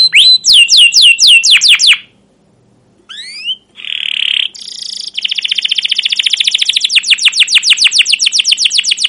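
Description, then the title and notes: Canary with a quick run of falling chirps, a short silence, rising whistles, a buzzy note, then a long steady rattling trill. Canary singing long, emotional chirping song ('cuit cuit', 'ngerol'), used as a lure and master recording to train young canaries to learn sounds. "CUIT CUIT NGEROL LANGSUNG GACOR PANJANG Kenari Utk Pancingan KENAR. PANCINGAN Kenari GACOR PANJANG Cuit CUIT EMOSI utk MASTERAN Kenari PAUD belajar BUNYI. burung kenari"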